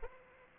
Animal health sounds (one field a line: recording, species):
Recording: mosquito wingbeat signal from an infrared sensor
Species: Aedes aegypti